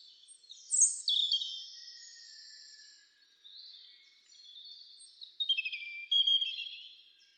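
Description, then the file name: European robin warbling a string of thin, high, wavering phrases, with sharp bright notes near the start and a rippling trill toward the end. "Erithacus rubecula"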